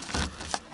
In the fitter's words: and then you'll feel it grab and then it's locked in and